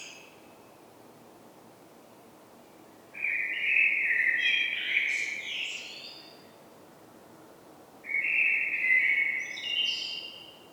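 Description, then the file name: Common blackbird singing two mellow, warbled whistled phrases a few seconds apart, each ending in a thin, high, squeaky twitter. "Turdus merula"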